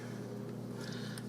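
One side of a mixer beater assembly is pushed into its holder in a stand mixer head, where two small tabs hold it, over a steady low hum. A short, sharp click at 1.2 s marks the beater tab snapping in, and that side is confirmed seated.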